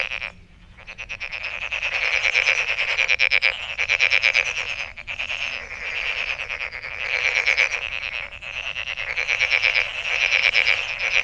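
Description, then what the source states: Many frogs trilling together in quick pulsed rattles, the chorus building after a brief lull at the start and continuing steadily throughout. Recorded 23 May 2008.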